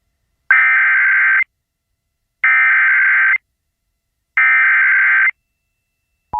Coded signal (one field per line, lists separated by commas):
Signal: Emergency Alert System (SAME) tones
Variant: header bursts